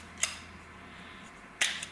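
An in-tank fuel pump assembly is pressed and clipped into its fuel pump hanger bracket for a Daytona Coupe kit car fuel tank. Two sharp snaps ring out at 0.2 s and 1.6 s, the second louder, with a faint tick just after it. The pump is seated in the hanger.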